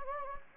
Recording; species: mosquito wingbeat signal from an infrared sensor; Anopheles gambiae